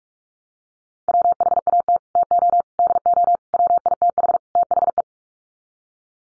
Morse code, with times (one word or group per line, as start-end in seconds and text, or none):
1.1-2.0 WHAT
2.2-2.6 TO
2.8-3.4 DO
3.5-4.4 WITH
4.6-5.0 THE